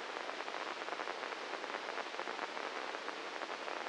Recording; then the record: brain microelectrode recording played as sound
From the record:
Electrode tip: inside the subthalamic nucleus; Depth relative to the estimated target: -1 mm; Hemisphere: left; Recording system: NeuroSet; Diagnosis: Parkinson's disease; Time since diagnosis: 9 years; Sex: male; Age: 56 years